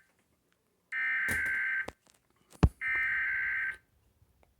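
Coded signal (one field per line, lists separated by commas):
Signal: Emergency Alert System (SAME) tones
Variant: header bursts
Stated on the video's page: Ohio Required Monthly Test captured from Spectrum cable in Akron.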